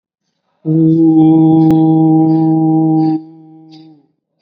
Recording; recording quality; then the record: sustained vowel as in boot; excellent, no background noise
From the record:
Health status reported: COVID-19 positive, mild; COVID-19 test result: positive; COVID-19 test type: rapid antigen test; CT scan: not taken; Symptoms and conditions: cough, fatigue, muscle pain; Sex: male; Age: 25 years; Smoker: no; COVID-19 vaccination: both doses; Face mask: worn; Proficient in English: yes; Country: India